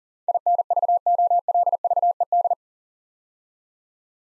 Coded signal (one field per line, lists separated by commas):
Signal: Morse code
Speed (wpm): 38 wpm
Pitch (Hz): 700 Hz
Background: none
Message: INVOLVED